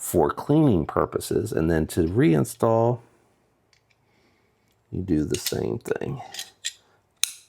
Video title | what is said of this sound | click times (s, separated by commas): Does the Canik TTI combact still compete in 2026 | There we go. You hear the click and then you push into place to lock it. | 7.2 s